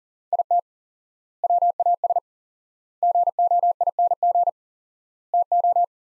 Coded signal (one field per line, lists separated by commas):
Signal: Morse code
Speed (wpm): 40 wpm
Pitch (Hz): 700 Hz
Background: none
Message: IT WAS GOING TO